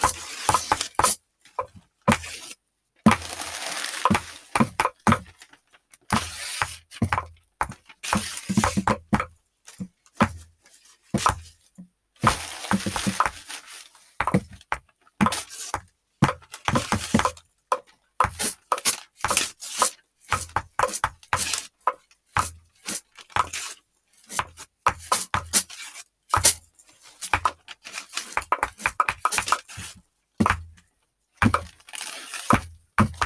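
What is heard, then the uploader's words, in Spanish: A rhythm built from wood striking wood, stones rattling inside a recycled milk can, and stones knocking together. Sharp, dry hits come in quick irregular clusters across the whole clip, separated by brief silences. Some hits are bright clicks, others heavier thuds. Ritmo indígena. El ritmo fue hecho con el choque de madera, piedras dentro de un tarro de leche reciclado y el choque de piedras.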